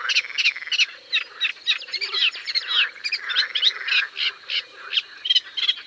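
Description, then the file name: Eurasian reed warbler song of rapid churring and chattering notes, mixed and repeated, over a low, purring pulsed croak that comes and goes. "Rousserolle effarvatte"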